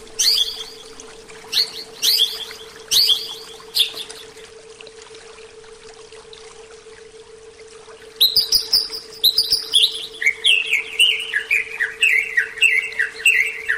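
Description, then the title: Oriental magpie-robin song: bursts of bright, loud whistled notes in the first four seconds, a quiet pause, then a fast run of varied descending whistles and chirps. "Kicau Kacer"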